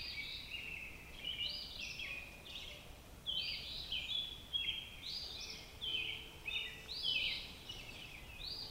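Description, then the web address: Robin song: a run of rich warbled phrases with only brief pauses, over a low hiss. "Sounds of Nature Robins"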